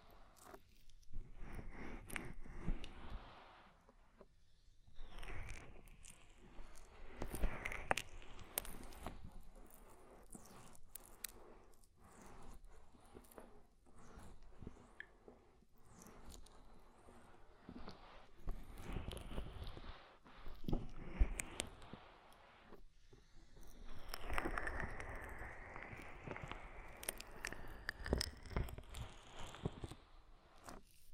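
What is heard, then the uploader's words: Ear massage with oil and foam: squishy, slick rubbing and crackling textures come in bursts, with short pauses around 4 and 23 seconds. Sharp taps and wet clicks break through often, and a louder, brighter foamy swell builds from about 24 to 29 seconds. ASMR Oil, Foam and Tingly Ear Massage.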